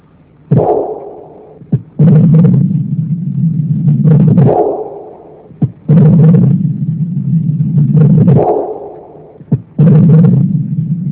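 Sharp clicks and heavy, almost continuous low rumbling repeat in slow cycles about every four seconds. This is a combined systolic and diastolic heart murmur heard through a stethoscope, with a low-pitched diastolic rumble that fits a narrowed mitral valve.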